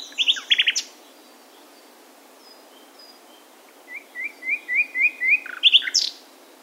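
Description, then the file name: Common nightingale song: a rapid burst of sharp chirps, a pause with faint notes, then a series of repeated whistled notes growing louder, ending in loud sharp phrases. "Luscinia megarhynchos"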